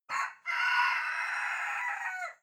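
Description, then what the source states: Chicken: rooster crowing, a short opening note followed by a long, hoarse, drawn-out cry held for nearly two seconds before dropping away. Hoarse, distant rooster crow.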